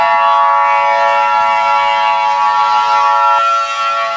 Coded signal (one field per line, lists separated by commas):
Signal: Emergency Alert System (SAME) tones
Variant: 853 and 960 Hz attention tone